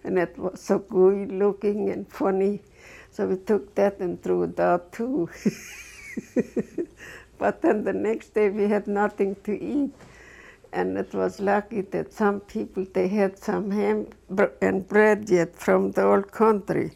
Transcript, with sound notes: And it was pretty gooey-looking and funny. So we took that and threw it out too. (She laughs.) But then the next day we had nothing to eat. And it was lucky that some people, they had some ham and bread, yet from the old country.